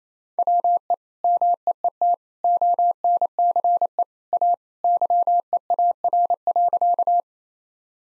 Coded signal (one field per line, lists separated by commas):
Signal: Morse code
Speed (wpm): 28 wpm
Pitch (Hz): 700 Hz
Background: none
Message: WE MEET ONCE A YEAR.